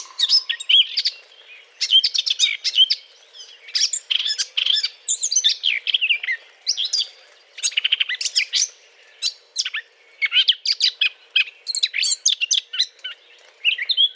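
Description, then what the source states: Eurasian blackcap courtship song, a long, hurried, chattering warble of scratchy, buzzy and whistled notes delivered in dense bursts with brief gaps between them. Courtship song; recorded 20 April 2009.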